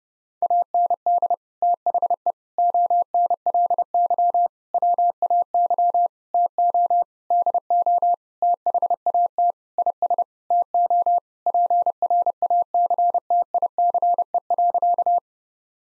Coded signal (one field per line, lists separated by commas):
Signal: Morse code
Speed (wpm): 32 wpm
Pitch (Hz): 700 Hz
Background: none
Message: AND THE ONLY WAY TO DO THAT IS TO PRACTICE.